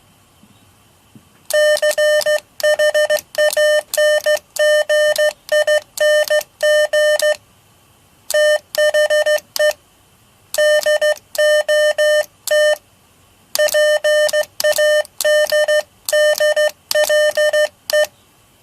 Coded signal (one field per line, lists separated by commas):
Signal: Morse code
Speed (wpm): 14 wpm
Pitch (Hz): 600 Hz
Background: none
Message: CHANGING THE DOT PADDLE